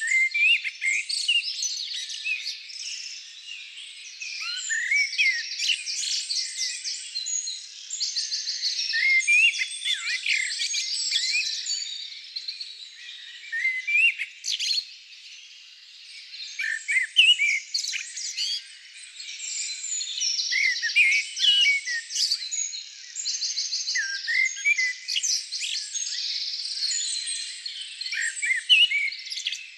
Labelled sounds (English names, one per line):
Common Blackbird song